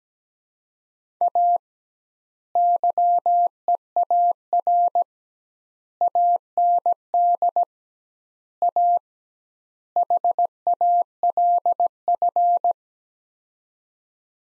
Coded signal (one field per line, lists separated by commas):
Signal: Morse code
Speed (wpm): 17 wpm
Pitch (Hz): 700 Hz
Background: none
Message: A YEAR AND A HALF